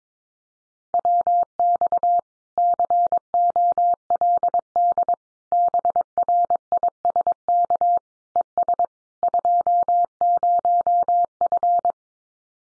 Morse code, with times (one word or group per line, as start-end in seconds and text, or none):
0.9-2.2 WX
2.6-5.1 COLD
5.5-8.0 BRISK
8.4-8.9 ES
9.2-11.9 20F